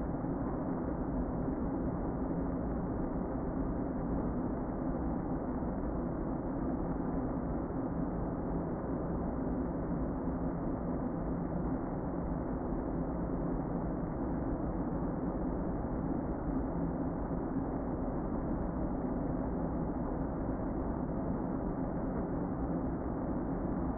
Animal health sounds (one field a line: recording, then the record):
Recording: honeybee colony, microphone inside the hive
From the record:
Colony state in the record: queen present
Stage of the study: before two queens were removed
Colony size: about 60,000 bees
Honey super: yes